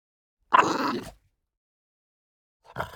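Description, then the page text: French Bulldog snarl, a rough, tonal growl, then a brief fainter growl near the end. Snarl, tonal and light. "French Bulldog Snarl Tonal Light. Quick Sounds"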